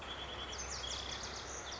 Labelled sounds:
Lazuli Bunting

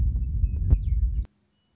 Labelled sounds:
Western Meadowlark

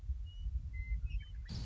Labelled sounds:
Western Meadowlark

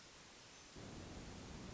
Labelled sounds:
Hermit Thrush

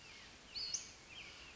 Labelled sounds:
Western Flycatcher

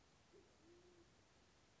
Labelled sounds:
Band-tailed Pigeon

